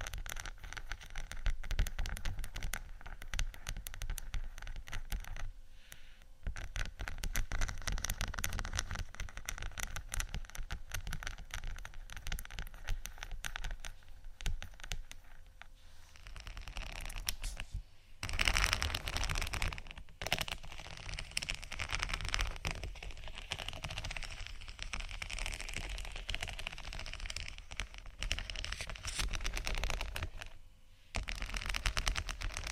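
Crystal sticker sheet being scratched and tapped, a dense crackly rustle of rapid strokes that runs almost without pause. Brief silences fall near 6, 18, 20 and 31 seconds, and after about 16 seconds the scratching turns brighter and louder, with sharper crisp bursts.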